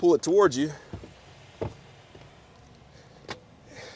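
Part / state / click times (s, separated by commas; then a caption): rear seat back latch into the seat frame / seated / 3.3 s. Someone talks briefly at the start, then soft knocks follow as the rear seat back of a Kia Telluride is pulled up with its lever held. A single moderate click at 3.3 s marks the rear seat back latch locking into the seat frame, with the seat back now locked upright.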